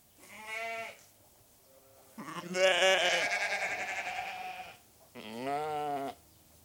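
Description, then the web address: Sheep giving three bleats: a short one, then a long, loud, wavering bleat, then a final quavering bleat after a brief pause. Restless sheep in a shed. "Sound Effects-BBC Sheep"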